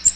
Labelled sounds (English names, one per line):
Magnolia Warbler flight call